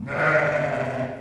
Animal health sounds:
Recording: contact call of a hoofed animal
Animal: sheep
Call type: low-frequency (closed-mouth) or high-frequency (open-mouth) call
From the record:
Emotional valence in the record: negative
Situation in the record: short social isolation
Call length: 1.21 s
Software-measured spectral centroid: 1520 Hz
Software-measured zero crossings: 1760 a second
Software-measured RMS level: -23 dBFS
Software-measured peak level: -5 dBFS

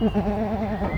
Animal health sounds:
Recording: contact call of a hoofed animal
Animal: goat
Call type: low-frequency (closed-mouth) or high-frequency (open-mouth) call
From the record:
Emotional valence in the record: negative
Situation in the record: short social isolation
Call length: 0.98 s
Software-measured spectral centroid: 1270 Hz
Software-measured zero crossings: 990 a second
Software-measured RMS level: -24 dBFS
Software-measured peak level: -11 dBFS

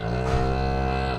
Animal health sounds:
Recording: contact call of a hoofed animal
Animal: cattle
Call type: low-frequency (closed-mouth) or high-frequency (open-mouth) call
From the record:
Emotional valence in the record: negative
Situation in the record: full separation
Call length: 1.19 s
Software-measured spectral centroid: 1490 Hz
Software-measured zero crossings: 1250 a second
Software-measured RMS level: -24 dBFS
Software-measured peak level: -10 dBFS

